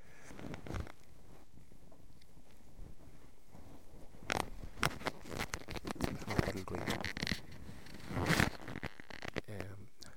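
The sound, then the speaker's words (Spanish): A mobile phone used as an alarm is pulled out of a pocket or bag, with a run of rustling, crinkling and zipper-like scraping, irregular bursts that grow busier and louder toward the end. “Estoy sacando el móvil, que es mi alarma, para que no ha vuelto a sonar, para que no volviera a sonar, pero veo que no hace falta porque solo estaba puesta una de las alarmas, no las dos.”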